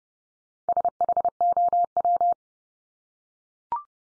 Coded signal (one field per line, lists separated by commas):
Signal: Morse code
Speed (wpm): 30 wpm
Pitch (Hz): 700 Hz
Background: none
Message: SHOW